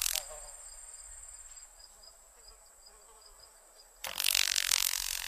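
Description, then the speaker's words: Carolina grasshopper wing-snapping crepitation: a brief burst at the start, a stretch of faint, regular ticking, then a sudden loud, dry crackling burst. Crepitation (wing-snapping sound) of a Carolina grasshopper, Dissosteira carolina, from a North American insect sound collection. "The following examples of crepitation are from a Carolina grasshopper."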